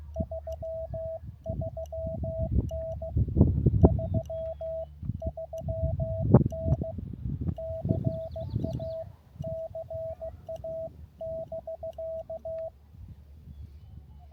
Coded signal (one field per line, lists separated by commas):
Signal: Morse code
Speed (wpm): 16 wpm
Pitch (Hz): 650 Hz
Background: none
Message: 33N 33N CA CA <BK>